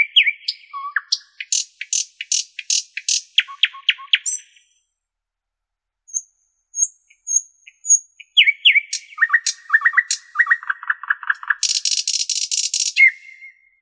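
Common nightingale singing rapid chipping notes, then thin high whistles after a pause, followed by slurred descending notes and a harsh, buzzy rattle.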